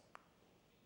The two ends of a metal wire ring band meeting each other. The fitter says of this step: until they click into place.